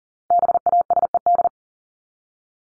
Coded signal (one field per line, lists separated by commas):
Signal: Morse code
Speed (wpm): 38 wpm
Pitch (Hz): 700 Hz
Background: none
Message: BASED